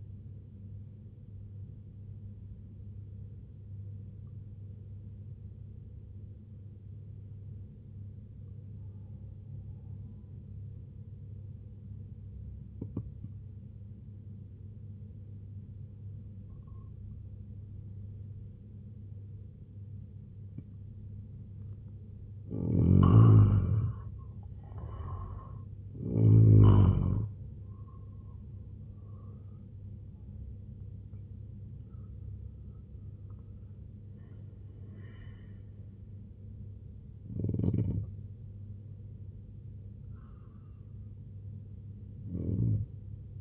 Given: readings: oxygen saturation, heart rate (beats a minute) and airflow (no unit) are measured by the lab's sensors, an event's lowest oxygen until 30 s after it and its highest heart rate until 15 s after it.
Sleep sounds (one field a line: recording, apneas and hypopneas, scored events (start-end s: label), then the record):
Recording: breathing in sleep by a smartphone at the bedside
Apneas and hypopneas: 1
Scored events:
4.00-23.50 s: obstructive apnea (N1, oxygen 95% highest, then 83% lowest, heart rate 63 at the start, 94 highest)
From the record:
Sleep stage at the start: N1 (lightest sleep)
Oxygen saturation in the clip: 84 to 95%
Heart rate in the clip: 63 to 94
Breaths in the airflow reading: 5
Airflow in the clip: -10.2 to 9.1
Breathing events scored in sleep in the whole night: 258 in 7.4 hours asleep